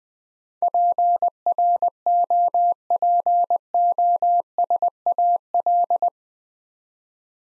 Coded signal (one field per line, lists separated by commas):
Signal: Morse code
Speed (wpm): 20 wpm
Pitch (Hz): 700 Hz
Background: none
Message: PROPOSAL